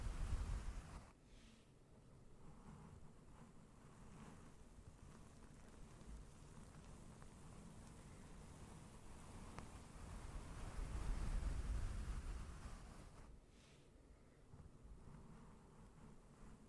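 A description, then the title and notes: Slow, gentle brushing against a microphone makes a soft, continuous rustle with deep rumbling swells near the start and around eleven seconds. ASMR NO TALKING slow and gentle mic brushing with the Blue Yeti.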